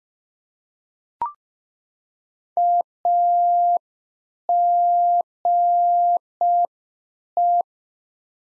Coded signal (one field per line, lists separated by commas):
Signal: Morse code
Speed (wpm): 5 wpm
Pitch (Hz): 700 Hz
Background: none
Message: AGE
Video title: Practice QSO - Complete One-Sided - 5wpm